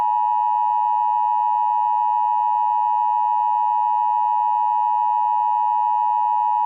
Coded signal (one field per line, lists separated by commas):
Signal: Emergency Alert System (SAME) tones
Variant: 853 and 960 Hz attention tone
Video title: EAS Montana hijack re-scripted (new screen yay)